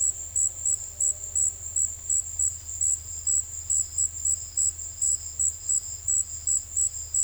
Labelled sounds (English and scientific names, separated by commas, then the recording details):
none
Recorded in secondary vegetation near Puerto Asís, Putumayo, Colombia, on 28 February 2025 at 15:30
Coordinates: 0.500, -76.326
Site GP04